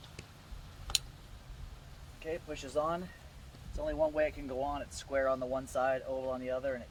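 A keyed plastic connector or bulb socket, square on one side and oval on the other so it fits only one way, is pushed onto the headlamp assembly of a 2018 Ram truck during a headlight change-out. It snaps into place with a sharp click at 0.9 s and 1.0 s, over low background noise. Someone then talks.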